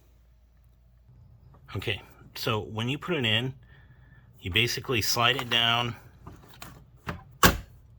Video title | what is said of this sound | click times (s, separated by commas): #1 How to Upgrade Replace Power Supply in A HP Compaq 6300 SFF | और यह तुरंत अपनी जगह पर आ जाता है और आपको एक क्लिक सुनाई देगा, जिससे आप जान पाएंगे कि यह इंस्टॉल हो गया है, ठीक | 7.1 s